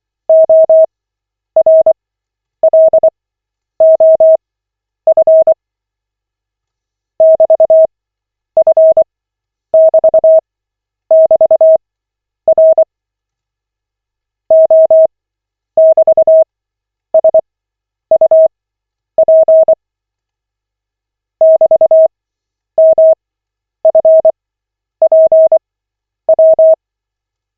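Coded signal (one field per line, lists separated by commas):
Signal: Morse code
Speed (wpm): 24 wpm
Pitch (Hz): 640 Hz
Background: none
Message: ORLOF <BT>F<BT><BT>R O<BT>SUP <BT>MFPW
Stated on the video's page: Koch method Morse practice session, lesson 18 of 40, generated by the LCWO website.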